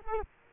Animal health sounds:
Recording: mosquito wingbeat signal from an infrared sensor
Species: Culex quinquefasciatus

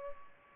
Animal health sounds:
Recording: mosquito wingbeat signal from an infrared sensor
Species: Culex pipiens

